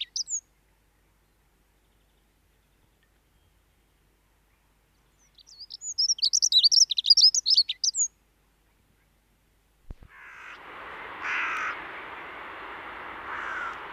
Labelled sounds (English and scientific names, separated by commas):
Dunnock (Prunella modularis) song